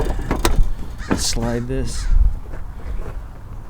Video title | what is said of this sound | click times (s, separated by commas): 2011 Lincoln Town Car Headlight Bulb Replacement - High Beam - Low Beam | You can kind of hear it pop. | 0.5 s